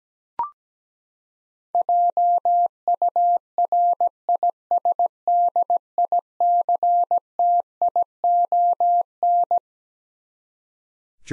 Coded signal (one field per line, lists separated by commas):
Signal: Morse code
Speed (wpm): 17 wpm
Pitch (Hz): 700 Hz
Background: none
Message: JURISDICTION